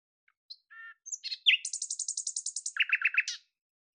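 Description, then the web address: Bird song: a few scattered chirps, then a fast high trill of rapid repeated notes that drops into a lower run of buzzy notes. "Deverinetal 2025"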